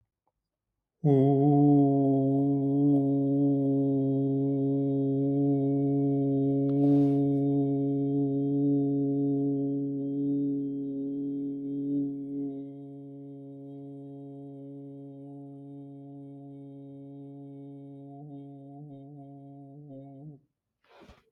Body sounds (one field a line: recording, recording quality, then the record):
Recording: sustained vowel as in boot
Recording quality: excellent, no background noise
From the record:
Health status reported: exposed to COVID-19, no respiratory illness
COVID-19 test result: negative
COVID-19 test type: RT-PCR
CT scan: not taken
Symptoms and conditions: fatigue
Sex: male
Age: 43 years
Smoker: no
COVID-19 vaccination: both doses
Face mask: not worn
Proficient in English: yes